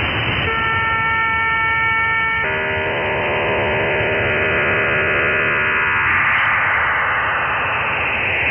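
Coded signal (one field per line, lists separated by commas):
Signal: HF data modem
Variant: hybrid parallel/serial, 2400 baud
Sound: six-note chord for two seconds, then rough buzzing hiss, smoother hiss near the end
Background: radio static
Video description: Modem híbrido de la marina israelí en la banda de #radioaficionados de 20 metros. QRG: 14001.5 kHz CF.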